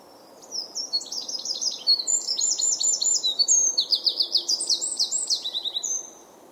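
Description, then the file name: Eurasian wren song, a loud rapid cascade of high trills and sharp notes lasting about five seconds, with steady low background noise. "Troglodytes troglodytes"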